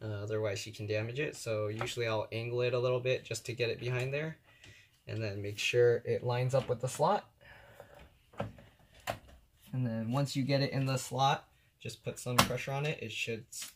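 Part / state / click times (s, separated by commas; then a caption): expansion card into motherboard PCIe slot / not seated / none. An expansion card, likely a graphics card, is angled behind the case bracket and lined up with the motherboard PCIe slot before being pressed in, while someone talks. Two faint short knocks are heard at about 7.8 s and 8.4 s. Nothing has seated or clicked yet.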